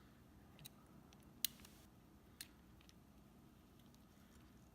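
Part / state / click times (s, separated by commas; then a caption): cylindrical rechargeable battery into electric shaver frame / seated / 1.4 s, 2.4 s. A replacement cylindrical rechargeable battery is lined up with both end contacts in the inner frame of a Panasonic ES8249 electric shaver and pressed down. A few faint ticks come first, then two sharp snaps at 1.4 s and 2.4 s over a low, steady hum. Both ends have snapped into the holder and the battery is seated.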